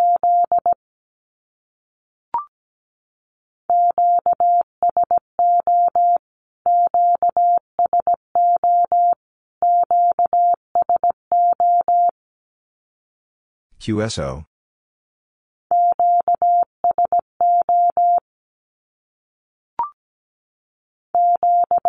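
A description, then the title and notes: A steady mid-pitched Morse tone keys out the Q-code as quick bursts of dots and dashes, repeated in three groups with pauses between. A brief noisy burst interrupts around fourteen seconds, and faint clicks appear near two and twenty seconds. Q-Codes Repeated 3x 17wpm. First, the Q-code is sent in Morse code three times as either a statement or a question.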